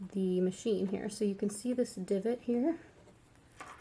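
Someone talks while a bobbin case is held at the bobbin area of a Kenmore 385 sewing machine, lined up so its bar matches a divot before it is pushed in. Near the end the talking stops and a few faint, brief handling sounds are heard at about 3.4, 3.6 and 3.9 seconds. Nothing has seated or clicked yet.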